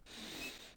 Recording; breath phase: one breath near a microphone; inhalation